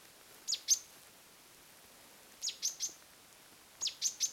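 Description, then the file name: Great tit calling with quick high chirps, first a pair, then two tight groups of three notes, against a quiet background. "Parus major"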